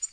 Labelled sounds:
Black-throated Green Warbler flight call

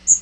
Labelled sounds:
Magnolia Warbler flight call

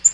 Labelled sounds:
Black-throated Green Warbler flight call

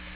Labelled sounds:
Nashville Warbler flight call

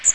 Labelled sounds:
Magnolia Warbler flight call

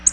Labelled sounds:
Black-throated Blue Warbler flight call

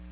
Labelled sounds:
Magnolia Warbler flight call

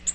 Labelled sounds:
Nashville Warbler flight call

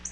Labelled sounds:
Black-throated Blue Warbler flight call

